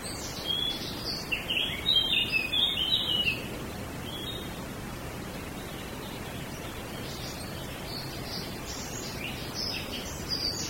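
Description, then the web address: Small birds singing, a burst of high, quick chirping twitters for a few seconds near the start, then quieter scattered chirps later, over steady rushing background noise. Small birds in a wood. "audio bosco Uccellini bosco e moscone"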